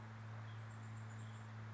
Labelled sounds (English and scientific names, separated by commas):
Orange-crowned Warbler (Leiothlypis celata)